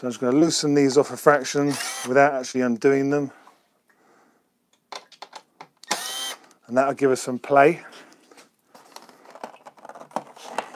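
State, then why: Not seated. Someone talks while working on a plastic tank bag mounting ring that goes around the fuel filler cap of a BMW R1250GSA motorcycle tank. After a brief pause, a series of short, sharp handling knocks and taps is heard from about 5.0 to 5.9 s, followed by more talk and a few light taps near the end. The ring is handled, but nothing has seated or clicked into place yet.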